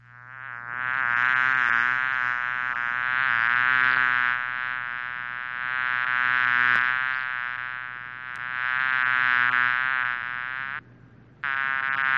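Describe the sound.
Bee buzz, a continuous droning hum that swells and fades in loudness, briefly cutting out near the end before starting again.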